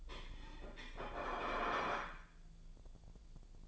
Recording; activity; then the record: daily activity, microphone in the room; place plate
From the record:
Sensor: 5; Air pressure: 1009.4 hPa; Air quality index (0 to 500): 166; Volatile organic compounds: 4 ppm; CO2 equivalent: 1611 ppm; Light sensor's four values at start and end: 98/260/106/112 and 98/260/106/112